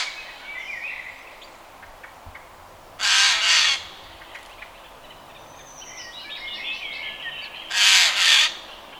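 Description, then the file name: Eurasian jay calling with two long, grating double screeches about five seconds apart, with softer whistles and chirps of other birds filling the gaps. "Garrulus glandarius"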